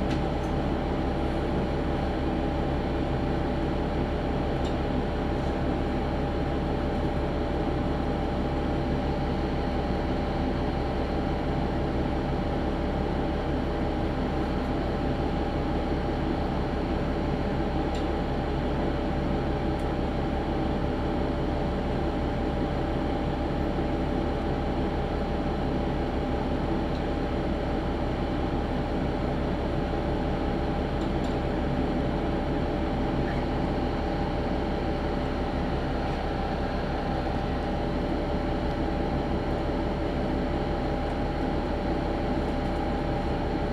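Steady, dense low rumble of a train running on the Tenryu Hamanako Railway, with a constant drone, faint hum lines and occasional light clicks.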